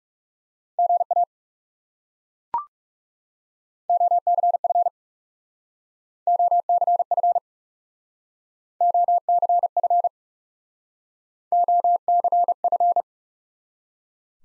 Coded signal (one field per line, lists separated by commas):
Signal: Morse code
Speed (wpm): 37 wpm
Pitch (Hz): 700 Hz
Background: none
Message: GA OCF OCF OCF OCF